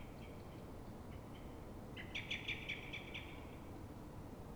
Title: Pl. de Francisco Escolar, 10, 28944 Fuenlabrada, Madrid, España - Mirlo asustado